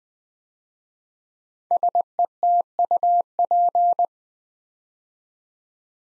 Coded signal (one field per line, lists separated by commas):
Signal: Morse code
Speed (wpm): 20 wpm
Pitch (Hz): 700 Hz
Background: none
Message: SETUP